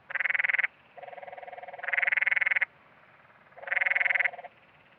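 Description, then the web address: Canyon tree frog calls: loud harsh rattling trills, each about half a second to a second long, with quieter overlapping trills from a second frog in between. Western North America. "Dan Gibson Wildlife Identification By Sound, Western North America. Canyon Tree Frog"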